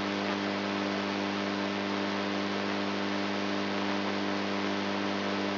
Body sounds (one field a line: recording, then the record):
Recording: brain microelectrode recording played as sound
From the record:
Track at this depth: inside the subthalamic nucleus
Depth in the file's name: 3.32 mm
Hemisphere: right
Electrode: 2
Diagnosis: Parkinson's disease